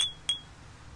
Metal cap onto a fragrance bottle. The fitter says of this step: click into place see